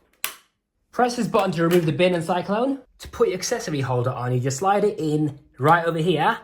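A plastic vacuum wand, unlocked with its button, is pushed into the handle of a Dyson Ball Animal 3 Extra vacuum cleaner and seats with a sharp snap at 0.2 s. After a short silence, someone talks for the rest of the clip.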